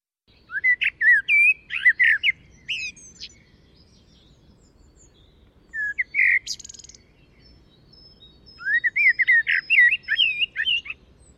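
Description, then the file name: Common blackbird song phrases: rapid twittering warbles at the start, a few brief squeaky notes midway, then another burst of varied chirping notes after a quiet gap. "Turdus merula"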